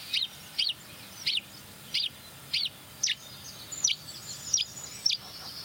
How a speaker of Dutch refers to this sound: Huismus.